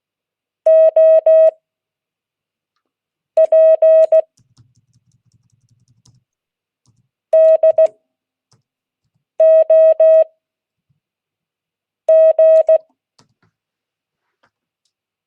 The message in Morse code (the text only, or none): OP DOG